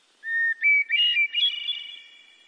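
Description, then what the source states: Hermit Thrush song: a long pure whistled opening note followed by quick rising fluty, ringing phrases that fade out. Song said to put people in a good mood.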